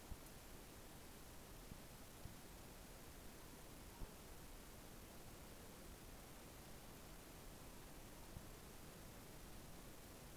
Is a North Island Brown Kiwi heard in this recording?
no